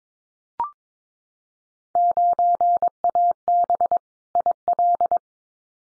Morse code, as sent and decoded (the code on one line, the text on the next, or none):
----. .- -... / .. .-..
9AB IL